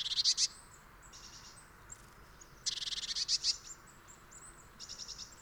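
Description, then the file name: Eurasian blue tit uttering quick runs of sharp, buzzy high-pitched notes in short bursts, with quieter chatter in between. "Cyanistes caeruleus"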